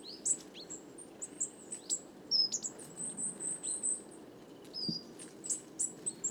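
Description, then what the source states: Coal tits calling, thin high seeps and short sliding notes from several birds over a low rumble. Roving flock of more than 50 Coal tits, evening, 29 September 2019, Les Casses, Drôme; recorded in mono with a Wildtronic parabolic reflector, whose weight caused heavy handling noise.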